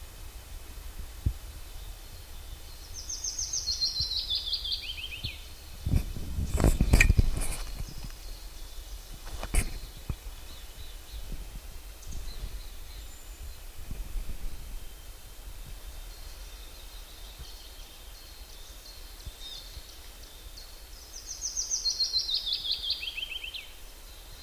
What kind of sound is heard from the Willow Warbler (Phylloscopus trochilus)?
song